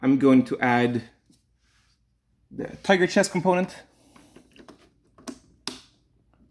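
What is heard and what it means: Someone talks, then the tiger chest component of a plastic transforming robot figure is pressed onto the robot's chest with soft handling noises. A sharp click at 5.7 s marks it clicking into place, not a definitive lock, but it does stick.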